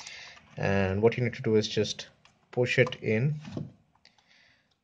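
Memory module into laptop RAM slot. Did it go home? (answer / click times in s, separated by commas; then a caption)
yes / 4.0 s. A memory module, its notch lined up with the slot key, is pushed into a laptop's RAM slot and snapped down into place while someone talks. After the speech, small clicks are heard, with a sharp click at 4.0 s confirming the module is seated in position.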